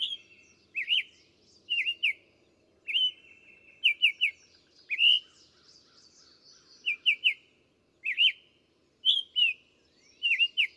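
Bird giving repeated clusters of bright whistled notes, often two or three together, with occasional single rising whistles, over faint low background noise.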